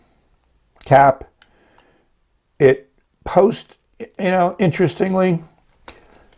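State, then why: Seated. Someone talks while the plastic screw-on cap of a TWSBI VACmini fountain pen is posted onto the back end of the barrel. A short click is heard at 5.9 s as the cap snaps into place, seated.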